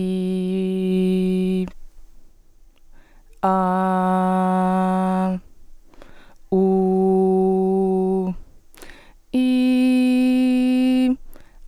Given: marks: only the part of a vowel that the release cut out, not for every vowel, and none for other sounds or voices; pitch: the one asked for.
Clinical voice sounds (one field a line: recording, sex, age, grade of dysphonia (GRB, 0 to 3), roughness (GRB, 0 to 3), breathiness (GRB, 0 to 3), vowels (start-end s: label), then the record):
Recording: sustained vowels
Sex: female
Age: 20 to 29 years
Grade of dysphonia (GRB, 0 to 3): 0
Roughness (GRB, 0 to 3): 0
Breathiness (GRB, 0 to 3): 0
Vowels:
0.00-1.50 s: vowel /i/, normal pitch
3.61-5.15 s: vowel /a/, normal pitch
6.75-8.22 s: vowel /u/, normal pitch
9.53-10.93 s: vowel /i/, high pitch
From the record:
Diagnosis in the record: healthy voice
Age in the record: 21 years